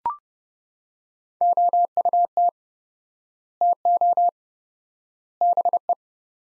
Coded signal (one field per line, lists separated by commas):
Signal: Morse code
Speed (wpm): 31 wpm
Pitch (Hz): 700 Hz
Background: none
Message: OUT TO BE